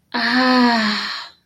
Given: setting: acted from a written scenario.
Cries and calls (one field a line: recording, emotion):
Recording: vocal sound without words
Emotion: ecstasy